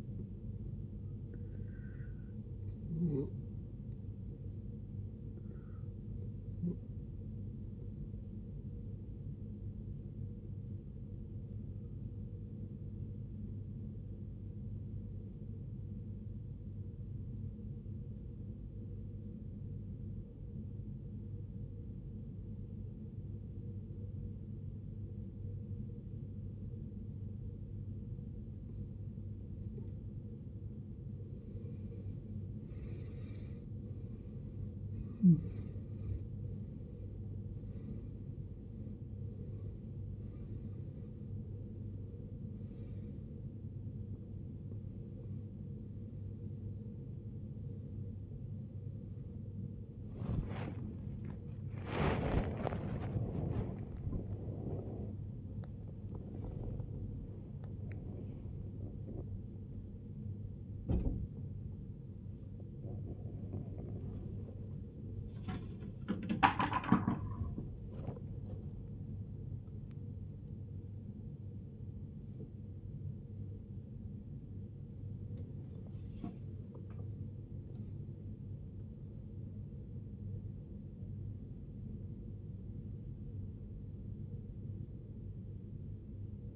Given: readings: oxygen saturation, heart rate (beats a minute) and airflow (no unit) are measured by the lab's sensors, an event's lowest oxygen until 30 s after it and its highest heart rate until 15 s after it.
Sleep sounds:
a person awake in a sleep study, by a smartphone at the bedside; 1
13.00-31.20 s: obstructive apnea (N2, oxygen 94% highest, then 77% lowest, heart rate 65 at the start, 78 highest)
13.00-43.00 s: new sleep stage, N2 (light sleep)
43.00-86.55 s: new sleep stage, awake
48.00-86.55 s: awake
From the record:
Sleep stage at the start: N1 (lightest sleep); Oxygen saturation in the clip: 77 to 94%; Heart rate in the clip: 50 to 110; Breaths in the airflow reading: 21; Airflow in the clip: -15.0 to 15.6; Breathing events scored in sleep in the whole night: 389 in 6.3 hours asleep

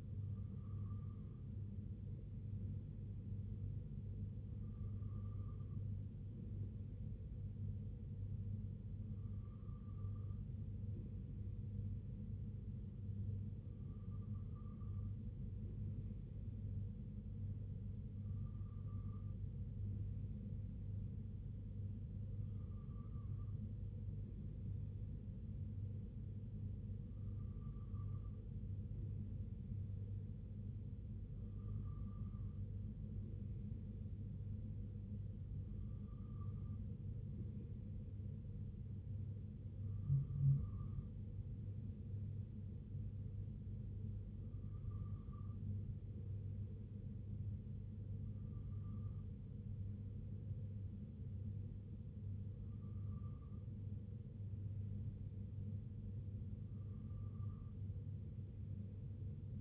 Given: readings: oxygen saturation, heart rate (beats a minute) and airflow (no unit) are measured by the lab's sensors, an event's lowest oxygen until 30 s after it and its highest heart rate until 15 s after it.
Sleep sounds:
breathing in sleep by a smartphone at the bedside; none
none scored
From the record:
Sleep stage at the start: N2 (light sleep); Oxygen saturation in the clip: 94 to 95%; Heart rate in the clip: 60 to 66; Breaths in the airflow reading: 14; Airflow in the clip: -3.1 to 2.1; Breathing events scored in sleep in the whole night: 258 in 7.4 hours asleep

